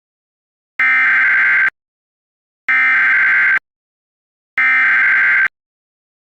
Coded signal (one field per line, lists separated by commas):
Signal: Emergency Alert System (SAME) tones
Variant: header bursts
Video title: EAS Scenario 16: Cat Entity's Return